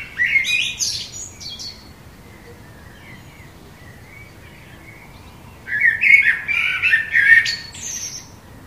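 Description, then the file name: Common blackbird singing two separate phrases, each a rich whistled warble with a scratchy high twitter, split by several seconds of quiet. "Turdus merula"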